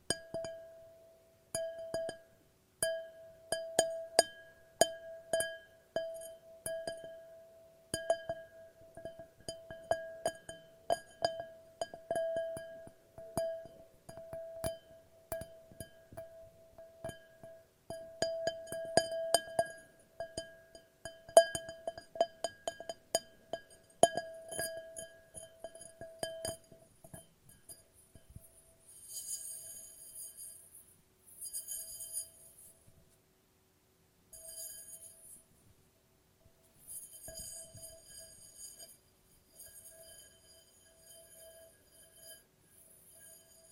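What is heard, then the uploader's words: Glass is tapped again and again, each strike leaving a clear ringing tone that hangs briefly. The taps come in quick, uneven bursts through the first half, then thin out and turn higher and brighter, with longer quiet gaps toward the end. ASMR No Talking Glass Tapping and Ringing Sounds.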